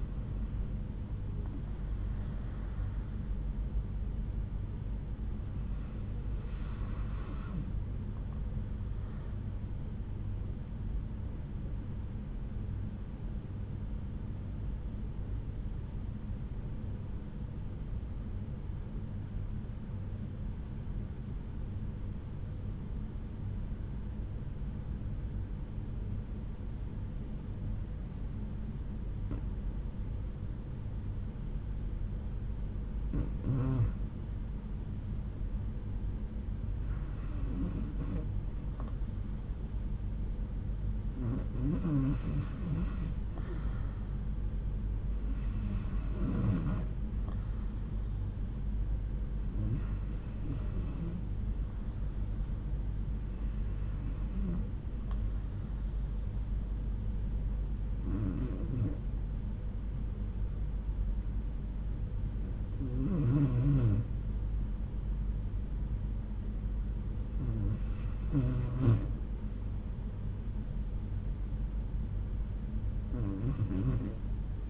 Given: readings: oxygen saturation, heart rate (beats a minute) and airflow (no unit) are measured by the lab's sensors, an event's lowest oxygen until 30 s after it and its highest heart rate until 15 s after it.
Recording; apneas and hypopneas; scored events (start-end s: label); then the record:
breathing in sleep by a smartphone at the bedside; 1
10.00-35.40 s: hypopnea (REM, oxygen 97% highest, then 90% lowest)
From the record:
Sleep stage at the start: REM sleep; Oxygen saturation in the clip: 81 to 97%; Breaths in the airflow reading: 12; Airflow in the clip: -3.8 to 4.2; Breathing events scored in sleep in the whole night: 368 in 8.0 hours asleep